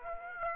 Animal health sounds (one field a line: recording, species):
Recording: mosquito wingbeat signal from an infrared sensor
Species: Aedes aegypti